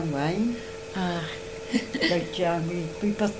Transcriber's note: laughs